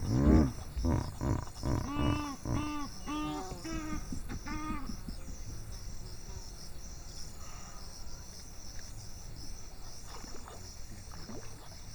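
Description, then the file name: Hippopotamus honking: deep, rhythmic grunting pulses repeated rapidly for about five seconds, easing off into low rumbling background. Hippopotamus vocalisations. "Hippo Vocalisation Compilation"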